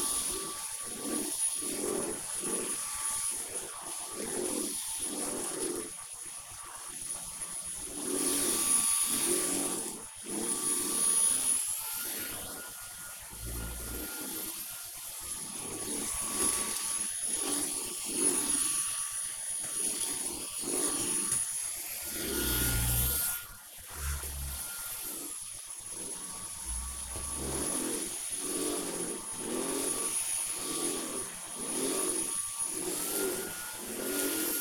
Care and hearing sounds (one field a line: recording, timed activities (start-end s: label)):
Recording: household activities, microphone on the right wrist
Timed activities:
0.00-34.61 s: vacuum cleaning